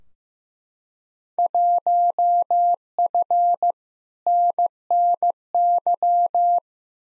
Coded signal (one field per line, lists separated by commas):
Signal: Morse code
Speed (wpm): 15 wpm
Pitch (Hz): 700 Hz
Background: none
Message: 1F NNY